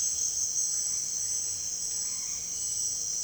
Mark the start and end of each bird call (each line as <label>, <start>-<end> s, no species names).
bird call, 2.01-2.46 s